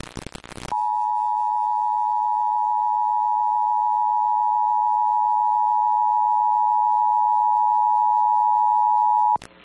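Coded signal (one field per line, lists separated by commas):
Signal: Emergency Alert System (SAME) tones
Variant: 853 and 960 Hz attention tone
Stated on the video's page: Real Required Monthly Test alerts from DC-area broadcast stations and TV providers, including a K-Love FM transmitter; many stations failed.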